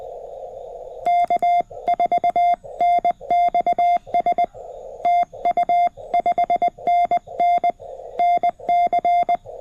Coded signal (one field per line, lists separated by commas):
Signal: Morse code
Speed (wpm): 20 wpm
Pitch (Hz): 700 Hz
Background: none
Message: K4NXS TU 5NN NC